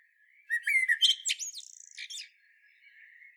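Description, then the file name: Common blackbird song phrase: a brief mellow whistle, then a fast run of high squeaky twittering notes. "Turdus merula"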